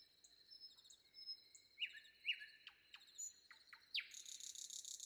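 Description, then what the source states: Common nightingale: songbird phrases of sharp downward-sweeping notes ending in a harsh buzzy rattle, with faint high twittering throughout. Sung before dawn.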